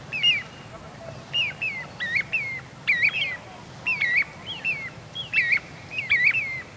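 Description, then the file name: Little ringed plover making repeated high whistled notes, often in pairs that fall in pitch, continuing throughout nearly seven seconds. "Corriere Piccolo"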